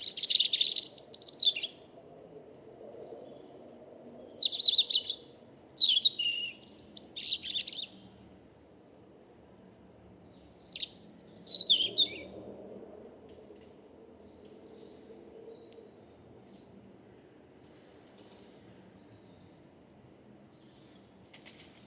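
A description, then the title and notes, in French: A European robin sings in woodland, delivering short, bright, tumbling phrases at the start, around four to eight seconds, and again near eleven seconds, with quiet gaps between. A steady low hum of traffic or city noise runs underneath throughout. Premier Rougegorge familier (Erithacus rubicola) de la saison. Nagra seven - Parabole Wildtronic mono. Observation sonore au bois de Vincennes à l'écoute du premier Rougegorge de la saison.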